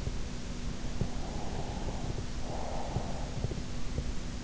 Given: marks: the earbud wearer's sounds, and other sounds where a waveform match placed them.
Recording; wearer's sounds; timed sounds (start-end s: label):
sounds in sleep by an in-ear microphone; breath
1.23-3.94 s: breath